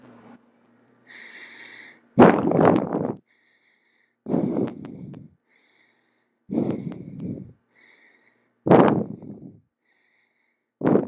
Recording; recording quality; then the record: shallow breathing; excellent, no background noise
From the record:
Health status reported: healthy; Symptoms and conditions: diabetes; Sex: male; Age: 42 years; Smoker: not ticked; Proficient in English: yes